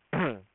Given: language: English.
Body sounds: throat vibration sensor signal played as sound; throat clearing

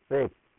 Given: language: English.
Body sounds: throat vibration sensor signal played as sound; speech

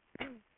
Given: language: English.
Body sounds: throat vibration sensor signal played as sound; cough

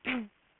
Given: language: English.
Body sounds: throat vibration sensor signal played as sound; throat clearing

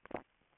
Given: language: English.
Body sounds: throat vibration sensor signal played as sound; swallow

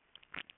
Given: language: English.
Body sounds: throat vibration sensor signal played as sound; swallow

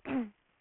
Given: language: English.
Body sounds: throat vibration sensor signal played as sound; throat clearing

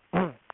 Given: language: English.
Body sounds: throat vibration sensor signal played as sound; throat clearing

